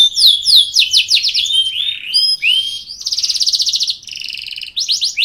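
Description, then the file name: Canary singing fast falling whistled notes that give way to a dry, buzzy rattling trill, then a softer trill and a last burst of sweeps. Kept English-type (Yorkshire) canary named Bulldozer, recorded in 2013. "kenari-bulldozer-ys-inggris-2013-milik-skc-jgj-bf-omkicau"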